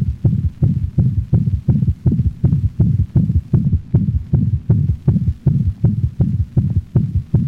A dog in heart failure. The third heart sound is a low-frequency sound that gives the impression of a thud after the murmur.